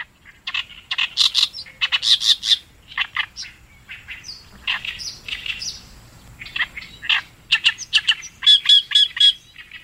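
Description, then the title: Oriental reed warbler song: loud, harsh, grating chattering phrases of repeated rasping notes, delivered in bursts with short pauses between them. Recorded on the Tone River riverbank in Japan. "利根川河川敷のオオヨシキリ"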